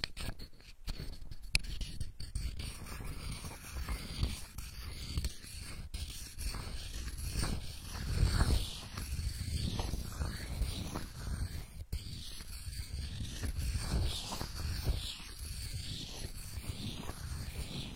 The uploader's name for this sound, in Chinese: 夏威夷坚果好听的声音